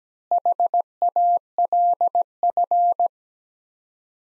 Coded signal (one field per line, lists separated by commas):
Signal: Morse code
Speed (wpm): 17 wpm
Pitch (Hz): 700 Hz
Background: none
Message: HALF